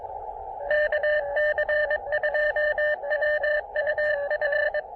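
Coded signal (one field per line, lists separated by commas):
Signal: Morse code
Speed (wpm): 20 wpm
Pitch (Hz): 590 Hz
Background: radio noise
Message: KC2WUF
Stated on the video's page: QRP CW POTA park activation from a state park using an Elecraft KX2 and a random wire antenna.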